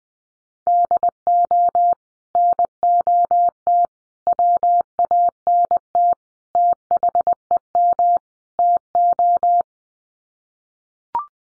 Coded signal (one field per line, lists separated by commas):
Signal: Morse code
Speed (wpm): 20 wpm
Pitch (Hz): 700 Hz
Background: none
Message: DO NOT WANT THEM TO